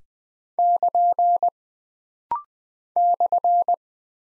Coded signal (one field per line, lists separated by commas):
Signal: Morse code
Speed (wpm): 20 wpm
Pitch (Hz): 700 Hz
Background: none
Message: <KN> /